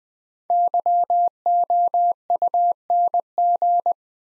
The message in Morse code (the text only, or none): YOUNG